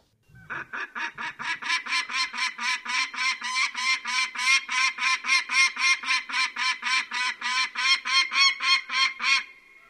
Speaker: That sound is the alarm call of the peregrine falcon, a powerful and fast-flying raptor who hunts medium-sized birds, dropping down on them from high above in a spectacular stoop.